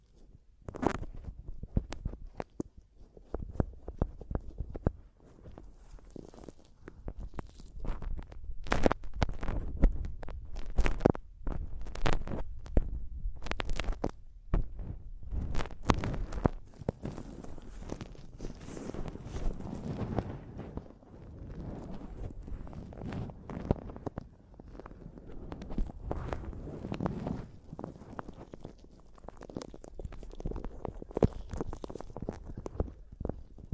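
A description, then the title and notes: A microphone is tapped and scratched. Sharp, dense taps come in quick irregular bursts through the first twenty seconds, then give way to rougher, lower scraping and rubbing that continues more steadily to the end, with occasional knocks. ASMR Mic Tapping and Scratching (No Talking).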